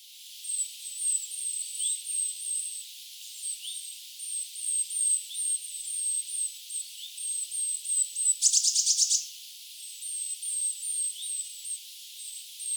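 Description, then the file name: Eurasian blue tit giving very high, thin, short notes in a steady run, with one brief buzzy rattling burst midway and a soft hiss behind. "Cyanistes caeruleus"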